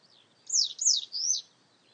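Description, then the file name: Citrine wagtail calls: three loud, buzzy, high notes in quick succession, each sweeping up then down, after a faint wavering note, with quiet background. "Golosa ptic - ZHeltogolovaya tryasoguzka Motacilla citreola"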